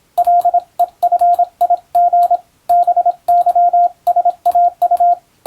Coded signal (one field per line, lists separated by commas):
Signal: Morse code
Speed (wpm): 26 wpm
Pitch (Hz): 700 Hz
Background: radio noise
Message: LEFIG BYSAU